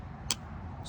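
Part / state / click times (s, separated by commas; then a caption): folding knife blade into its lockback handle / seated / 0.3 s. A steel blade of a lockback folding pocket knife is worked and snaps sharply into place against its back spring, seating in the handle at 0.3 s. The single crisp, bright snap stands out against a low, steady background rumble, and the blade is called snappy.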